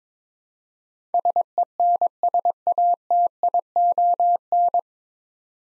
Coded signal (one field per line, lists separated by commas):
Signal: Morse code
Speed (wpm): 22 wpm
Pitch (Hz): 700 Hz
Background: none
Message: SENSATION